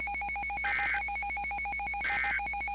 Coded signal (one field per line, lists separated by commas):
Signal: Emergency Alert System (SAME) tones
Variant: end-of-message bursts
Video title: EAS 172 - Severe Thunderstorm Warning Shelby and St. Clair AL